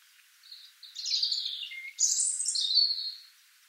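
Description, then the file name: European robin song: a faint high opening note, then a rich warbled phrase and a very high, shrill burst that slides downward into a sustained note. "Erithacus rubecula"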